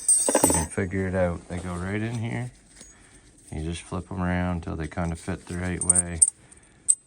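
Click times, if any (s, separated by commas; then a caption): 6.9 s. A thin spring-steel brake pad abutment clip is turned until it fits, then pressed into the front brake caliper bracket of a 2008 R51 Nissan Pathfinder while someone talks. Metallic jingling comes before a sharp snap at 6.9 s as the clip seats.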